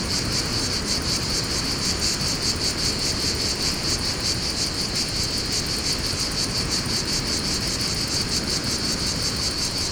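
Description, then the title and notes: Cicadas sing a dense, pulsing buzz without pause, over broad rushing wind noise and low rumble. Cicadas in a pine wood at Fontvieille, France, during mistral wind; two Shure microphones with DIY windshields, Tascam DAT recorder, excerpt from CD-R copy. "Fontvieille, France - Mistral et cigales. Le Mistral dans la pinède les cigales et insectes au sol , quelques bruits de circulation"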